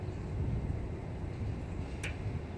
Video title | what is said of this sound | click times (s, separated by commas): How to oil your valves - THE RIGHT WAY | that click right there means that we're all lined up | 2.0 s